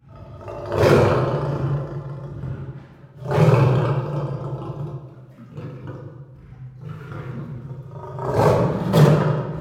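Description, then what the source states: Lion roaring: several loud, gravelly roar bursts a few seconds apart. Several lions recorded in a zoo.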